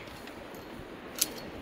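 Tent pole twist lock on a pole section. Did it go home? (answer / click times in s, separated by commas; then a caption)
yes / 1.2 s. A twist-lock on a tent pole section is twisted to lock it, the same way as on the other side. A single sharp click sounds at 1.2 seconds over a steady low background hiss, and the pole section is locked in place.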